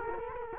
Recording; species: mosquito wingbeat signal from an infrared sensor; Culex quinquefasciatus